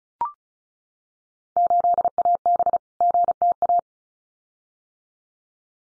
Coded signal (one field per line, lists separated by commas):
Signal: Morse code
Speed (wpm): 36 wpm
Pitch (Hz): 700 Hz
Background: none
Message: 8AB GTA